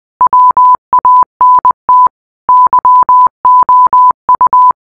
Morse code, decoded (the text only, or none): WANT YOU